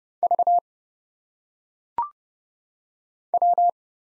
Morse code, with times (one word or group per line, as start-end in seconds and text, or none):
0.2-0.6 V
3.3-3.7 W